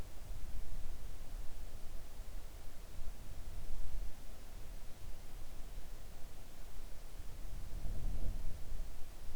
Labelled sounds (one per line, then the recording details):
near silence
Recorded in the Arctic National Wildlife Refuge, Alaska, on 3 August 2019 at 05:22
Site 41